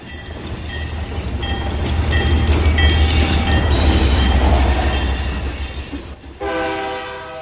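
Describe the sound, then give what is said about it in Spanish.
A train rolls by in Matías Romero, Oaxaca, with a loud, steady roar and clatter that swells and fades, then a long, droning horn blast sounds near the end. No one speaks. “El progreso y la modernidad hizo de Matías Romero la ciudad del ferrocarril.”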